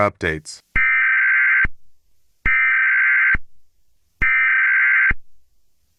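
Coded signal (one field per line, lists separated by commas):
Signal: Emergency Alert System (SAME) tones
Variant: header bursts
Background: speech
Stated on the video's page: Fictional analog-horror EAS scenario, not a real alert.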